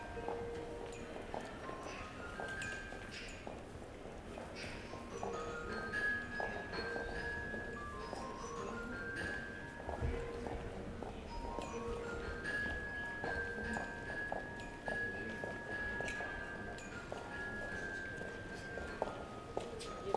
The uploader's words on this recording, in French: Une marche traversant des espaces sonores Belges. Namur, Eupen, St-amands, Malines, Binche.